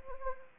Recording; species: mosquito wingbeat signal from an infrared sensor; Anopheles arabiensis